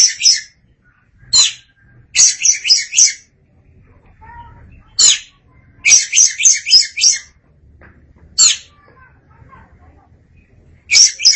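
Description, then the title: Oriental magpie-robin song, fast chattering runs of scratchy high notes alternating with single sharp calls. Kacer song. "Suara Kicauan Burung Kacer"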